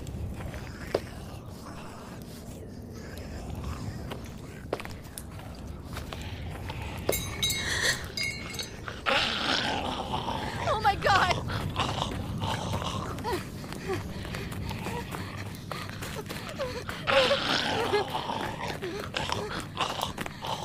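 Zombie apocalypse ambience with a low, constant rumble beneath wet, gnawing bites and growling moans that surface unevenly. Sharp clicks and cracks punctuate the eating throughout, with a raspy burst near seven seconds and louder snarls around ten and seventeen seconds.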